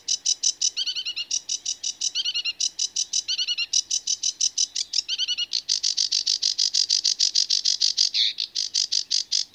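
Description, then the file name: Sedge warbler song: rapid grating chatter broken by short trilled and whistled phrases, then a dense, hurried scratchy churring toward the end. "Rietzanger"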